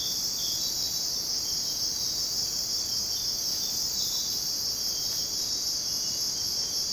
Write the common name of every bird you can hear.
none